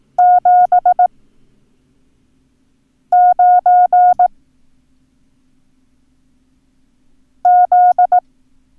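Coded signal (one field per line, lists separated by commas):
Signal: Morse code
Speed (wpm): 18 wpm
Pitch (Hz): 720 Hz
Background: none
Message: 7 9 Z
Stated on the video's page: Morse code lesson teaching the numbers 9 and 0 for ham radio use.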